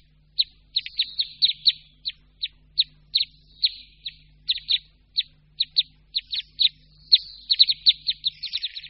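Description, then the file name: Red crossbill calls: sharp, downslurred chip notes given irregularly, about two per second, sometimes doubled or in quick clusters. "Křivka-obecná"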